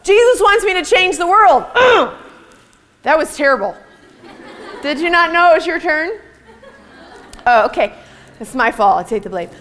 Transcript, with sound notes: “Jesus Wants Me to Change the World! Huh!” [Girls give weak response] That was terrible! Did you not know it was your turn? Okay, my fault, I take the blame.